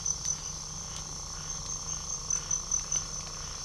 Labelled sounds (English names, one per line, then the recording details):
none
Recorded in pastures near Puerto Asís, Putumayo, Colombia, on 18 December 2024 at 02:00
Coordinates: 0.497, -76.327
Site G088